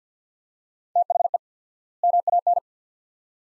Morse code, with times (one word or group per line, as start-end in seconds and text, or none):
1.0-1.4 THE
2.0-2.6 MAN